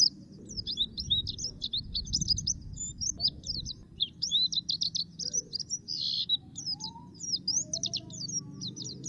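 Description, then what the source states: Common nightingale song: a dense run of high, rapid chattering notes and quick sweeping chirps with brief pauses, over a low background rumble. Masteran song used to train caged songbirds to sing.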